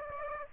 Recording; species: mosquito wingbeat signal from an infrared sensor; Aedes aegypti